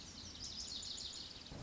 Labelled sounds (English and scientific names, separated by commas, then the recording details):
Lazuli Bunting (Passerina amoena)
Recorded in Sonoma County, California